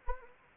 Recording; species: mosquito wingbeat signal from an infrared sensor; Anopheles arabiensis